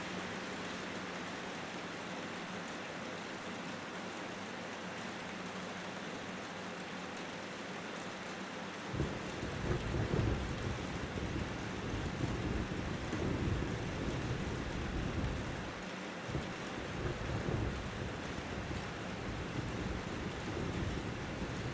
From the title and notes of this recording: Soft Rural Rain: Gentle Showers with Distant Thunder. This soothing soundscape captures the essence of a tranquil rainy day in the countryside.